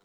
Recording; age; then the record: pig call; piglet (1 to 25 days)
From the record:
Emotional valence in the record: positive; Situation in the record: reunion after long isolation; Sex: male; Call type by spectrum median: low-frequency call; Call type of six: low-frequency tonal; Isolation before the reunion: 8 minutes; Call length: 0.04 s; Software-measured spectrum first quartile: 488 Hz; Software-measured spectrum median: 1281 Hz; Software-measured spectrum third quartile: 3435 Hz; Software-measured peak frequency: 392 Hz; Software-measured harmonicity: -1.6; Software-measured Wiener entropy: -1.43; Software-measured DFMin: 555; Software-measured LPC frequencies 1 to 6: 551, 1316, 1955, 3142, 3946, 5434 Hz